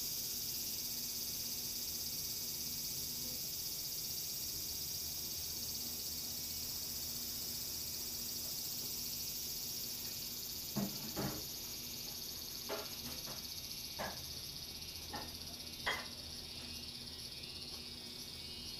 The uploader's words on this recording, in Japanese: 洗濯機が止まるまで庭を録ってみた。中盤あたりから騒がしくなります(セミのせい)。